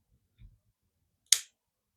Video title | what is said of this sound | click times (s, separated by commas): Amazon nail haul! | and then you hear that snap. | 1.3 s